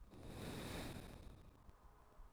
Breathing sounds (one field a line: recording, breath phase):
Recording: one breath near a microphone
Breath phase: exhalation